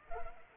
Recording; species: mosquito wingbeat signal from an infrared sensor; Culex pipiens